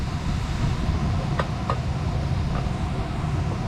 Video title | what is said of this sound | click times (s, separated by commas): Screen Rotation Kit by Hansshaw - Installation and review | and you will hear a light click security | 1.4 s, 1.7 s